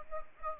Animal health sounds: mosquito wingbeat signal from an infrared sensor; Anopheles gambiae

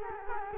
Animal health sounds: mosquito wingbeat signal from an infrared sensor; Culex quinquefasciatus

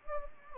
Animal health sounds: mosquito wingbeat signal from an infrared sensor; Anopheles gambiae

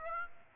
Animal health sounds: mosquito wingbeat signal from an infrared sensor; Aedes aegypti

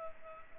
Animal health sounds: mosquito wingbeat signal from an infrared sensor; Culex pipiens

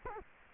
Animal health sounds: mosquito wingbeat signal from an infrared sensor; Culex quinquefasciatus

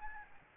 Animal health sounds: mosquito wingbeat signal from an infrared sensor; Aedes albopictus

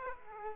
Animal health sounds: mosquito wingbeat signal from an infrared sensor; Aedes aegypti

